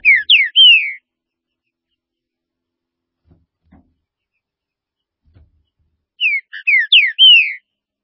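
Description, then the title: Green-winged saltator singing a short burst of rich, slurred whistles that ends in a drawn-out falling note. After about five quiet seconds the same phrase repeats. "Trinca Ferro"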